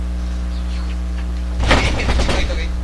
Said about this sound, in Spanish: ¡Quieto! ¡Vas a tumbarnos la puerta!